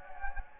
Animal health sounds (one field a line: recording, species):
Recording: mosquito wingbeat signal from an infrared sensor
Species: Anopheles gambiae